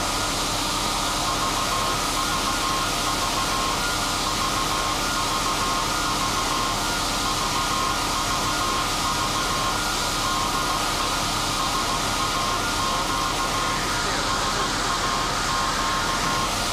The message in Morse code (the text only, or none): VVV VVV VVV DE SAQ SAQ